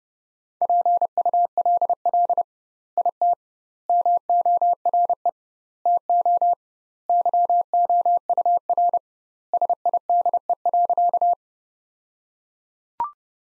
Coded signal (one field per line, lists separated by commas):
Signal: Morse code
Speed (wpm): 30 wpm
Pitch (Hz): 700 Hz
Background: none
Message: PULL IT MORE TO YOUR SIDE.